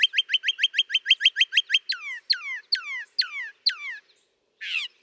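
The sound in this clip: Northern mockingbird song: a fast run of about a dozen identical chips, then five longer downslurred whistles, ending with one brief harsh burst.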